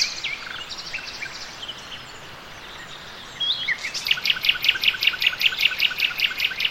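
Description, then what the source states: Nightingale song: scattered high whistled and chirping notes at first, then a loud rapid series of repeated sharp notes from about four seconds on, over faint background noise. Several nightingales singing.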